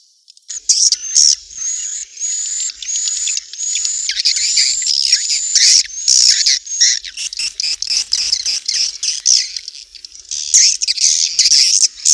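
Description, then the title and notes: Swiftlet chirping calls: a thin, high whistled tone held steady for several seconds, overlaid with busy scratchy twitters and quick chirps throughout. From Asia, used in swiftlet farming to attract birds. "Swiflet Bird Sound. Farming Swiflet Bird asia sound"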